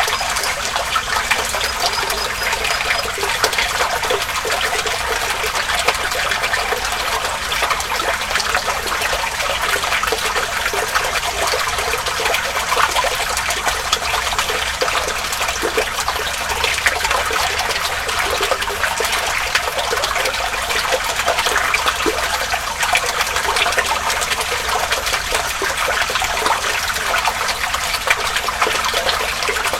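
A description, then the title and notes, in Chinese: Water gurgles steadily under a bridge, a dense, bright, continuous trickling and splashing that stays even throughout, with faint low rumble beneath. 桥洞下汩汩流水。声音都是我亲自去田野里录的。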